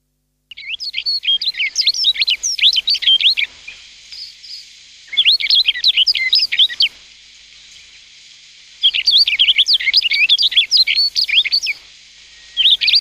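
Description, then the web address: Rustic bunting singing three hurried phrases of bright, jumbled warbling notes, separated by pauses of a few seconds, with a fourth phrase starting at the end. "sikioto birds kashiradaka"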